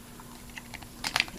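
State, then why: Not seated. Two plastic parts of a transforming toy robot are handled and pushed together during transformation, with soft rubbing, then sharper plastic ticks near 1.1 s, 1.2 s and 1.5 s. Nothing has seated or snapped together yet.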